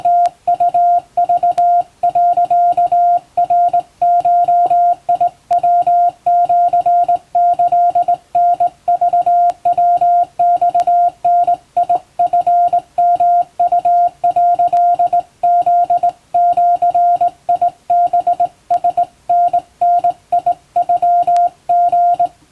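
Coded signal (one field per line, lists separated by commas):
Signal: Morse code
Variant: Japanese Wabun code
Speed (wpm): 20 wpm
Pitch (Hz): 700 Hz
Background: music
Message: ムウク、ナゴヤシキタクヤマダチヨウ」フジハラタダノリ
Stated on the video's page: Japanese Wabun Morse radio telegrams hand-sent on a vertical straight key by a first-class radiotelegraph operator, for receiving practice.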